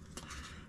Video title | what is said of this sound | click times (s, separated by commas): How to install a deadbolt with an electronic keypad | the wire that comes from the exterior that just pops into place like that | 0.2 s